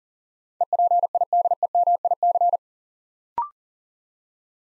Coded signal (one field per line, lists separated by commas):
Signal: Morse code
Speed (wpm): 42 wpm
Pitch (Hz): 700 Hz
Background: none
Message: EPIDEMIC